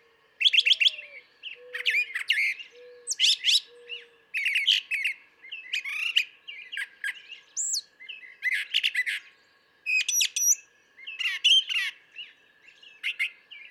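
Brown thrasher song, varied harsh and whistled phrases mostly given in pairs with short pauses, while soft low whistled notes sound underneath in the first seconds.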